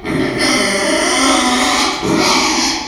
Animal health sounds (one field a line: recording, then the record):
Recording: squeal of a Yucatan mini pig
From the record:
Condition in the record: after surgery on the right vocal fold (resection and tissue-engineered implant)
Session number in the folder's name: 2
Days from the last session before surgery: 13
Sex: male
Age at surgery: 12 weeks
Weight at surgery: 13 kg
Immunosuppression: cyclosporine, prednisolone